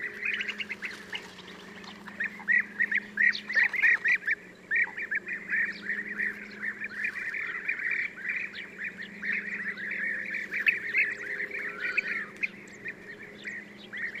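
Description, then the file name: European bee-eater flock calling, a dense chorus of rolling, burry notes that overlap continuously, with a steady low hum underneath. "gyurgyalag"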